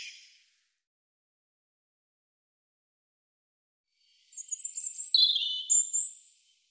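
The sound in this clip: European robin song: a brief high fragment at the start, then after a long silence one thin, high warbled phrase of quick notes.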